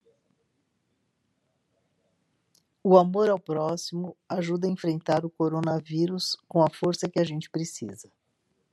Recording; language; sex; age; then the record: spoken sentence; Brazilian Portuguese; female; 60 to 69 years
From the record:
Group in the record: control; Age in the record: 63 years